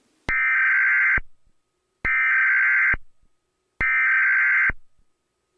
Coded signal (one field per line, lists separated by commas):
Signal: Emergency Alert System (SAME) tones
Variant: header bursts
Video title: USA EAS Alarm (TEST) REMASTERED